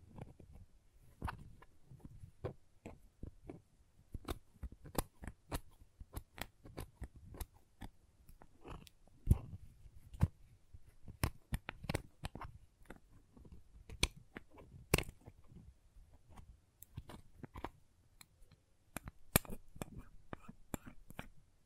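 Crayons tap and click in quick irregular bursts, sharp bright ticks over a low soft rumble of scraping, continuing throughout.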